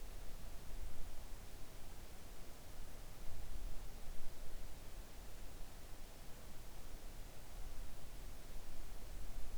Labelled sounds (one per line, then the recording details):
near silence
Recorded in the Arctic National Wildlife Refuge, Alaska, on 3 August 2019 at 05:16
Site 41